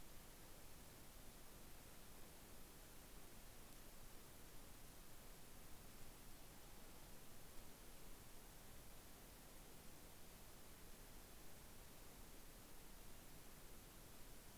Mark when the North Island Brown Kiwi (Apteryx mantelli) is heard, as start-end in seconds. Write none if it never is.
none